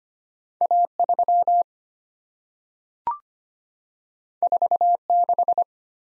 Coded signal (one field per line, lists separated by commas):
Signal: Morse code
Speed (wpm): 25 wpm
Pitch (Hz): 700 Hz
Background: none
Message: A3 46